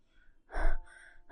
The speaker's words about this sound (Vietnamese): Madame thở hổn hển nói.